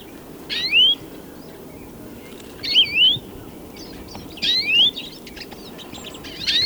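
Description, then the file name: European greenfinch giving rising whistled calls in pairs, about every two seconds, over a faint steady hiss. "Chloris chloris"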